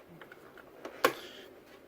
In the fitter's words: it pretty much just snaps into place there just